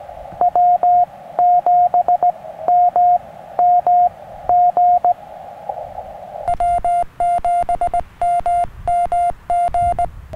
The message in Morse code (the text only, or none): W7MMG W7MMG